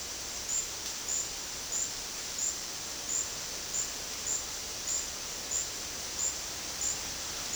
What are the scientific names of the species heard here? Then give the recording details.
none. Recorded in dense forest near Puerto Asís, Putumayo, Colombia, on 21 February 2024 at 11:00. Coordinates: 0.485, -76.325. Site G6429